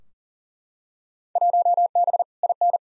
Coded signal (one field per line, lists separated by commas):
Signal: Morse code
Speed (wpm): 40 wpm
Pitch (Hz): 700 Hz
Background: none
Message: 1B IN